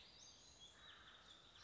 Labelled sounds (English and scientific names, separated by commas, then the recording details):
Western Flycatcher (Empidonax difficilis)
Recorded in Sonoma County, California